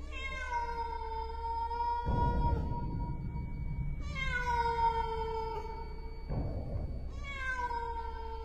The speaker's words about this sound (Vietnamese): Không biết từ bao giờ ở đó xuất hiện lù lù một con mèo lông trắng, nhìn chằm chằm vào buồng ngủ. Con mèo đứng đó, đôi mắt cứ lập lòe nhìn vào trong, rồi bất giác kêu lên những tiếng ai oán.